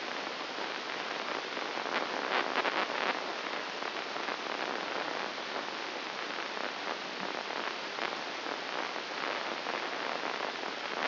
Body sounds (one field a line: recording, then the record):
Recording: brain microelectrode recording played as sound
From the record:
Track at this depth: inside the subthalamic nucleus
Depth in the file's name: 5.101 mm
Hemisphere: left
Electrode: 2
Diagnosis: Parkinson's disease